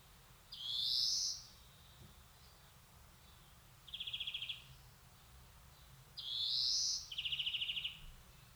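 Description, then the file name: European greenfinch alternating long nasal wheezes with short rapid rattling trills, wheeze then trill twice over eight seconds, against a faint low rumble. "Chloris chloris"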